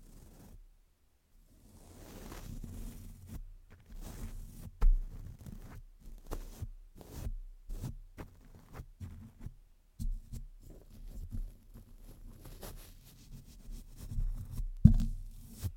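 Muffled brushing and rubbing against a microphone, with irregular low thumps and scrapes, a silent start, and sharp bumps near five and fifteen seconds.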